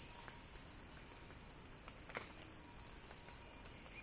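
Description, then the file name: Cicada whine, continuous and high-pitched, steady in tone, with a couple of quick clicks and soft chirps underneath. Cicada song rising in a crescendo. "earth-fm Axel-Drioli Cicada-Crescendo-Sounding-Wild"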